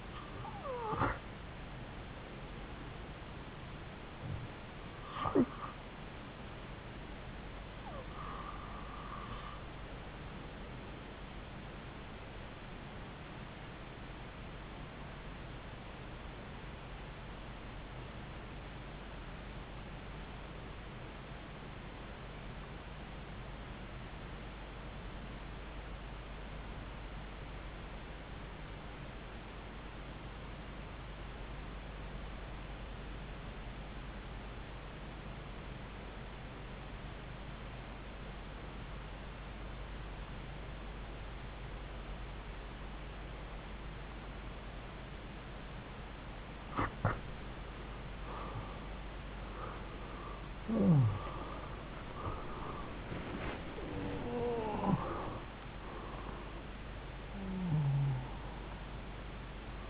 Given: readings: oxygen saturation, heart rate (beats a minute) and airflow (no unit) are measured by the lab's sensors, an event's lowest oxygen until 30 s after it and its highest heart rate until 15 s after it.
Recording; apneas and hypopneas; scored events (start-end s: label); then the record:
breathing in sleep by a voice recorder at the bedside; 1
17.00-47.10 s: obstructive apnea (REM, oxygen 94% highest, then 81% lowest)
From the record:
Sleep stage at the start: REM sleep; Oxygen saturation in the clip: 85 to 94%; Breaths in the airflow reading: 8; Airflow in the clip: -9.9 to 10.0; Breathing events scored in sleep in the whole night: 270 in 6.1 hours asleep